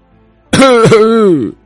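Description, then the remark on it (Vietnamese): A voice imitates the character Lư Tử Chung coughing in anger and coughing up blood: a harsh, throaty burst followed by a second catch, then a strained, voiced groan that falls away after about a second. “Lư Tử Chung tức giận đến mức lại ho ra ba ngụm máu, máu dính đầy miệng khiến giọng nói của hắn trở nên khó nghe.”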